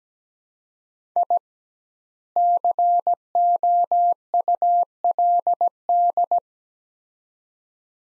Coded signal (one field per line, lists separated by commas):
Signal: Morse code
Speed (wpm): 17 wpm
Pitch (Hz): 700 Hz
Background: none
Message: I COULD